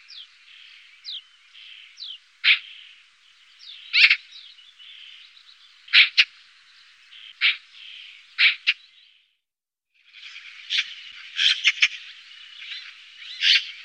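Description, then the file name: Eurasian magpie making soft scratchy twittering with several loud, sharp, harsh notes scattered through, a short silence, then more grating chatter. "Elster"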